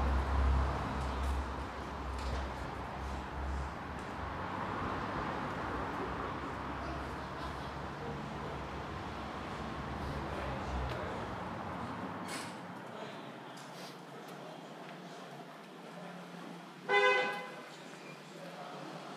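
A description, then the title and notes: Morning traffic on Commercial Street: a steady wash of engine rumble and road noise for the first half, thinning and losing its deep low end after about twelve seconds. A sharp click lands near 12 seconds, and a short car horn honks at around 17 seconds. Opening Up: Commercial Street at 9am. Part of the Sound Map Of Harrogate.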